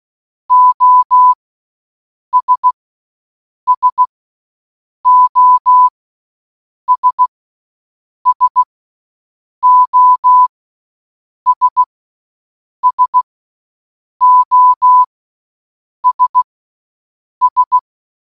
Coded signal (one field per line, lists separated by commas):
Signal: Morse code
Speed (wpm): 16 wpm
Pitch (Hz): 1000 Hz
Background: none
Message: OS SOS SOS SOS S